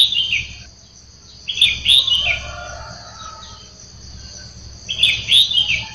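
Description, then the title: Sooty-headed bulbul delivering short, liquid, chattering phrases at irregular intervals, three bursts in all, with persistent insect buzzing underneath. "Kutilang"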